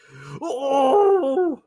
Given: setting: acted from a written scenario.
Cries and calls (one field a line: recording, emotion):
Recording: vocal sound without words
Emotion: triumph